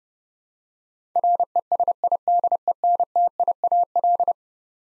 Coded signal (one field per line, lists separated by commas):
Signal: Morse code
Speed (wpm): 29 wpm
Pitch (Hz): 700 Hz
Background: none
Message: RESIDENTIAL